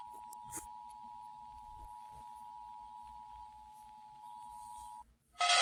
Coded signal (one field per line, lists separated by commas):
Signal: Emergency Alert System (SAME) tones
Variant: 853 and 960 Hz attention tone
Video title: US States Eas Alarms Reversed (Part 1)